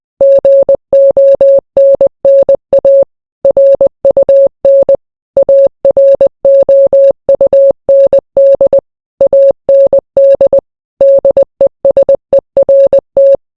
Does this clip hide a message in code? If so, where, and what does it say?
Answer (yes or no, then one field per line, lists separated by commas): yes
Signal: Morse code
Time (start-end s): 0.2-13.3 s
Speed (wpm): 20 wpm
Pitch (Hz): 550 Hz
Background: none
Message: GONNA RUN AROUND AND DESERT